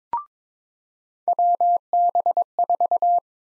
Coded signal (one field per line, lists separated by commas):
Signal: Morse code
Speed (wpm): 21 wpm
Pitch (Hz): 700 Hz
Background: none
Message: WB4